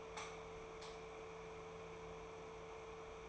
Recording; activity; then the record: daily activity, microphone in the room; light off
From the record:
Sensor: 1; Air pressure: 1014.6 hPa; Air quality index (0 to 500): 175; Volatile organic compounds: 15 ppm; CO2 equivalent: 2478 ppm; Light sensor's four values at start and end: 16/46/18/20 and 13/33/13/15